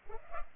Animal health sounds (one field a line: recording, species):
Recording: mosquito wingbeat signal from an infrared sensor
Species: Culex pipiens